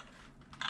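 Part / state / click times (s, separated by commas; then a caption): RC car drivetrain part into the chassis / seated / 0.6 s. A drivetrain part is rolled and pushed back into the chassis of an Arrma Vorteks RC car. Faint rustling and two small ticks near 0.4 s and 0.5 s lead up to a sharp, loud pop at 0.6 s as the part snaps into place and seats.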